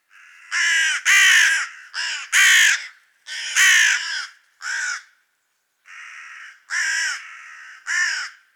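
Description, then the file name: Carrion crow giving a rapid, irregular run of hoarse caws, some grating and rattled, with one softer note after a short gap. "Corvus corone"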